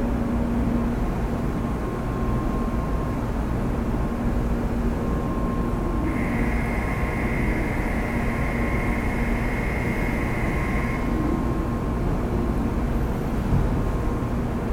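A bullet train platform at a station, filled with a steady, dense low rumble of a train idling or moving slowly. A constant thin hum runs throughout, and from about 6 to 11 seconds a sustained bright tone rises above the noise, then stops.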